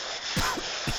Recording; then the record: coughing mixed with background sound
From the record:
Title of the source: Coughing 51